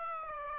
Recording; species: mosquito wingbeat signal from an infrared sensor; Aedes aegypti